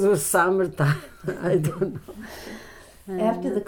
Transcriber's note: chuckles